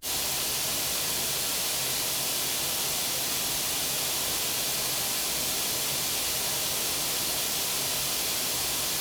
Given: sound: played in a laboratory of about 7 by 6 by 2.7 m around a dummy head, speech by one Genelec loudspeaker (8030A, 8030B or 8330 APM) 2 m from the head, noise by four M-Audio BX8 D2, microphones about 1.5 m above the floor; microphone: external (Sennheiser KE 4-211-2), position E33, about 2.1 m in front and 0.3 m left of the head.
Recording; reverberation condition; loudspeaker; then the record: white noise; medium; four, about 170 cm from the corners of the room and facing them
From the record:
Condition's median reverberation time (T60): about 510 ms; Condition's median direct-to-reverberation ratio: about -0.5 dB